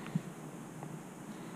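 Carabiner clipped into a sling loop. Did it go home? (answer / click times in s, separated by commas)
no / none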